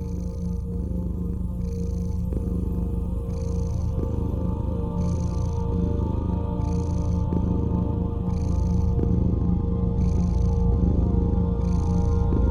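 Cat purr as a low, even rumble slowly growing a little louder, joined by held tones and soft hissy pulses recurring about every one and a half seconds.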